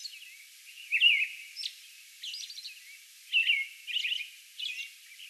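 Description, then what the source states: American robin song, a few drawn-out whistled phrases separated by short pauses, with thin high squeaky notes between them. Song bout recorded on May 11.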